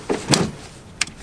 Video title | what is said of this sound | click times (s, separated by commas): WE DON'T KNOW HOW THE BABY GOATS GOT HERE! THIS CHANGES EVERYTHING BLUETTI AC500 & B300S | you heard it click there we go | 1.0 s